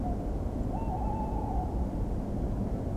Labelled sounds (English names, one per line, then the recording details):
Tawny Owl
Song Thrush
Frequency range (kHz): Song Thrush 6.9-7.9 kHz
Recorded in France